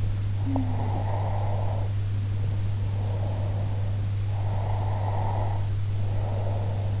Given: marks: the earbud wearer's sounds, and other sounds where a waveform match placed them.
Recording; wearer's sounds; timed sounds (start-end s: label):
sounds in sleep by an in-ear microphone; breath
0.34-4.00 s: sound from someone else or the room
0.99-4.00 s: breath
4.28-7.00 s: breath